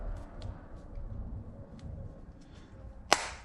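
A Sena Bluetooth intercom mounting bracket is slid down a groove on the side of a Petzl arborist climbing helmet and pressed in. A few faint ticks come first, then a sharp, loud snap at 3.1 s as the bracket seats in place and is installed.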